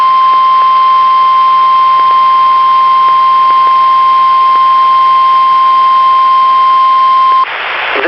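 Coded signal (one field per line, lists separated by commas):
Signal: Emergency Alert System (SAME) tones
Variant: 1050 Hz attention tone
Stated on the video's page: SAME tones of Required Weekly Tests received on eight NOAA Weather Radio stations.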